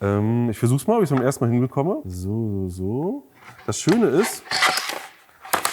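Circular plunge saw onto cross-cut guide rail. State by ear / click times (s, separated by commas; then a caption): seated / 5.5 s, 5.7 s. A cordless circular plunge saw is set onto a metal miter/cross-cut guide rail on the first attempt while someone talks. Two sharp clicks at 5.5 s and 5.7 s show it seating and latching, so it holds firmly on the rail.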